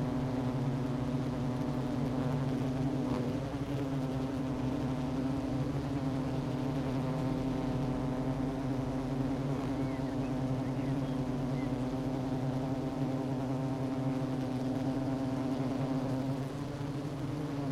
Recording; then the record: honeybee colony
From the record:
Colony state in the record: active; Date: 12 June 2018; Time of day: 10:52